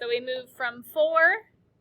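Someone talks while handling the objective lens on the revolving nosepiece of a light microscope, about to turn it from the 4x objective to the 10x objective. Only speech is heard, and the lens has not yet clicked into its detent position; nothing has seated yet.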